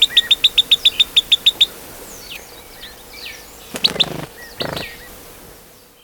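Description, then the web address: White-throated tyrannulet: a fast run of about a dozen sharp, high chips in the first two seconds, then faint scattered notes and two brief bursts of noise. Recorded in Ecuador. "Birds of Ecuador 2. White-Throated Tyrannulet"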